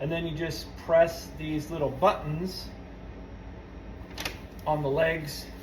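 Someone talks while handling the upper stage of a two-stage Riverdance Mini-Jig, setting its metal legs with spring push-buttons into the leg holes of the lower stage and pressing the buttons. A couple of brief, sharp handling ticks sound around 4.2 s. Nothing has seated or clicked into place yet.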